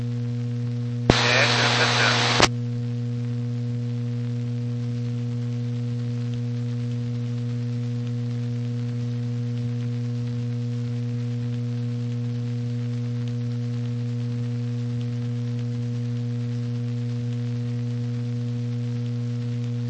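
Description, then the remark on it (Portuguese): Soft, steady hiss of light rain runs the whole time beneath a loud, constant low electrical hum, with a brief harsh burst of noise near the start and no talking. “Um 70, chuva leve agora.”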